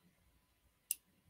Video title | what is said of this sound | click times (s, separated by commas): Sensor Watch Unboxing! // Mailbag | we go it makes the nicest tiny little click here when it comes off | 0.9 s